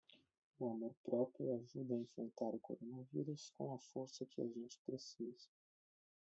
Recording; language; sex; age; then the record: spoken sentence; Brazilian Portuguese; male; 20 to 29 years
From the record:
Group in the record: control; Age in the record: 25 years